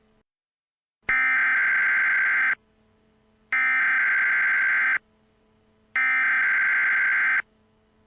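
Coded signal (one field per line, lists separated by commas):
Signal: Emergency Alert System (SAME) tones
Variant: header bursts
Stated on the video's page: Fictional EAS mini scenario.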